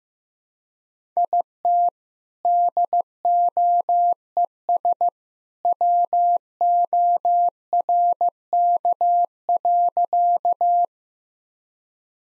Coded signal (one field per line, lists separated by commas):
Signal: Morse code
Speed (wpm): 15 wpm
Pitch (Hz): 700 Hz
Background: none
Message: IT DOES WORK.